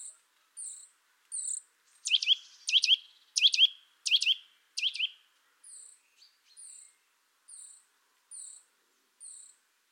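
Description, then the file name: Eurasian nuthatch calls: short high notes repeated about once a second, with a burst of louder sharp descending notes in the middle. "Sitta europaea"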